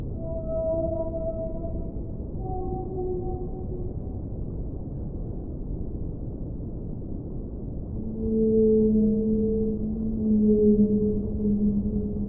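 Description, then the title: Whale moans, several sustained tones early on, then louder, lower drawn-out calls toward the end, over a continuous underwater hiss and rumble. Underwater recording. "Whale Sounds Underwater for Relaxation"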